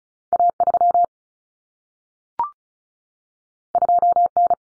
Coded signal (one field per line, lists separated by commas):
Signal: Morse code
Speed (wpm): 36 wpm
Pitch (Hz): 700 Hz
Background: none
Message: A3 2N